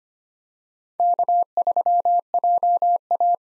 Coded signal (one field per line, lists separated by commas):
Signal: Morse code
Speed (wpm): 25 wpm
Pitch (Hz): 700 Hz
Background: none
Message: K3JA